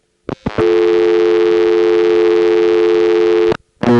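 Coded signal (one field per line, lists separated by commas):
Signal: telephone call progress tone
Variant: North America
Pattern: dial tone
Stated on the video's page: Senderized step-by-step telephone exchange in Washingtonville NY, 914 area.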